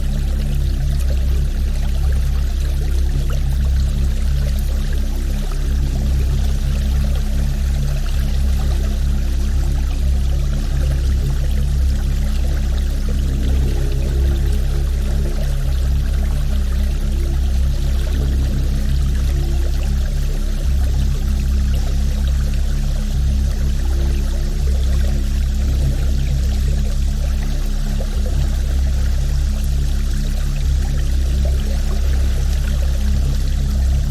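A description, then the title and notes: A river current rushes past in a steady, dense wash of water that holds the same level from start to finish. The sound is weighted toward a deep, low rumble, with a fine churning hiss layered on top. The current of a river.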